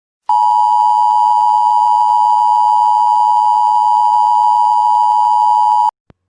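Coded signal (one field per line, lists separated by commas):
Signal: Emergency Alert System (SAME) tones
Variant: 853 and 960 Hz attention tone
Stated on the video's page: Handmade recreation of a significant weather advisory alert, not actually activated through the Emergency Alert System.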